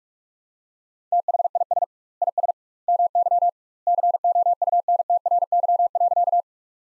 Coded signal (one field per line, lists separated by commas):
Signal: Morse code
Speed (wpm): 46 wpm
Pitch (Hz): 700 Hz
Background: none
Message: THIS IS MY COUNTRY.